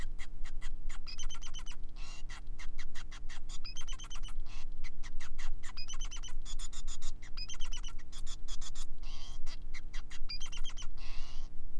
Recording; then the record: song of a male Bengalese finch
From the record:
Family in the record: son of father 5